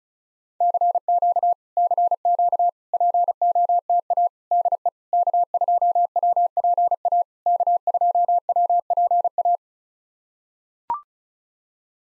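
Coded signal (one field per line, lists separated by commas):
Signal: Morse code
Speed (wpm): 36 wpm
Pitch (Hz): 700 Hz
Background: none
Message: CQ CQ POTA DE K2WPA K2WPA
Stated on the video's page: POTA exchange practice at 35 wpm; each exchange sent in Morse, spoken, then sent again.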